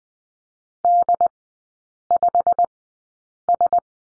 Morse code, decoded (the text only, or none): D5S